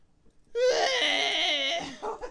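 A person lets out one loud, sustained high-pitched scream lasting just over a second, steady and strained, followed by a brief fainter vocal sound.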